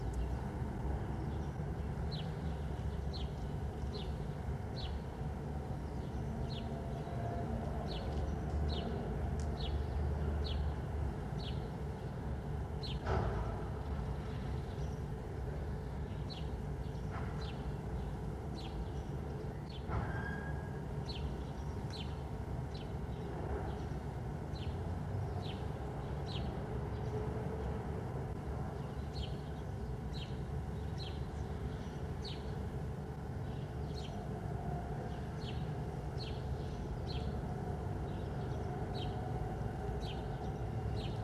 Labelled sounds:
Corsac Fox barking

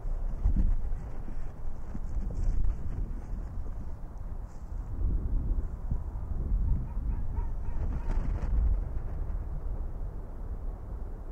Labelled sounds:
Arctic Fox

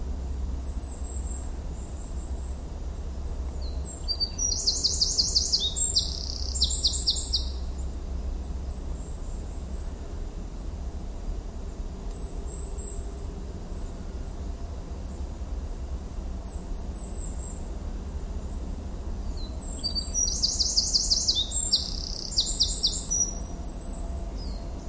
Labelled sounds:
Eurasian Wren

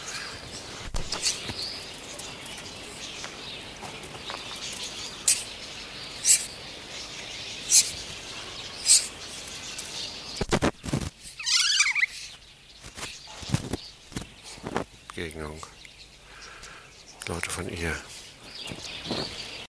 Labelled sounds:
European Otter call

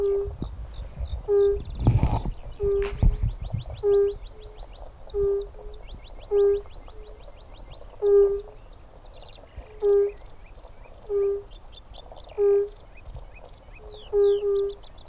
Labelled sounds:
Fire-Bellied Toad call

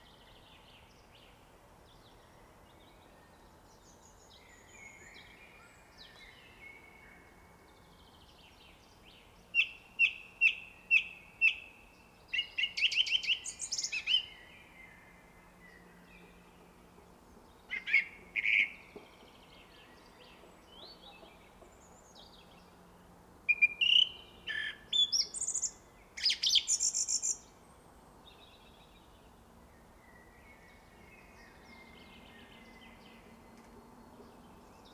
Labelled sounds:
Song Thrush song

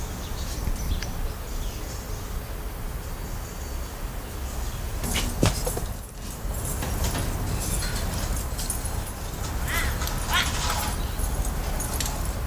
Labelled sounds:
Bonobo

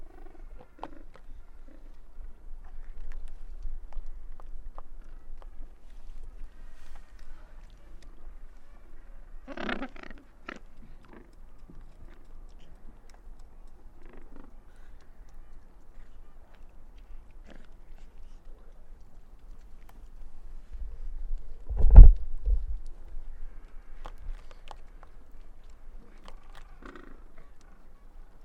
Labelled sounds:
Gentoo Penguin call

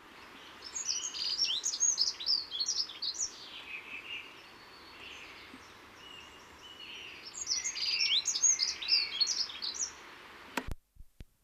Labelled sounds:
Dunnock song

